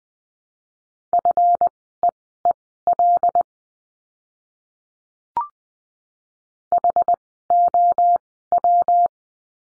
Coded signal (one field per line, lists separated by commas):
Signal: Morse code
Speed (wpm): 20 wpm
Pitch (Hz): 700 Hz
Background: none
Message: FEEL HOW